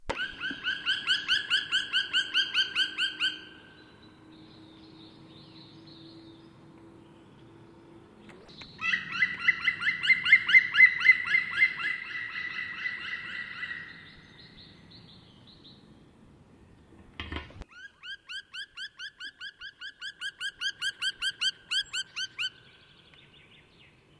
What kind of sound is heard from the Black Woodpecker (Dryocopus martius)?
call